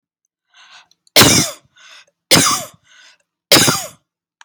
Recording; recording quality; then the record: heavy voluntary cough; excellent, no background noise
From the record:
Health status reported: healthy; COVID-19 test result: negative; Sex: female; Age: 26 years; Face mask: not worn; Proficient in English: yes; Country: United States